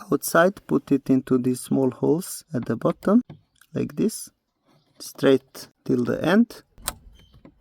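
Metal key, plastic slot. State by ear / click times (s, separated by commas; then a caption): seated / 6.9 s. Someone talks while pushing a straight metal release key fully into a small hole at the bottom of an Audi's interior trim unit, so the unit can then be pulled out. A sharp click is heard at 6.9 s as the key seats in the slot, followed by a few faint ticks.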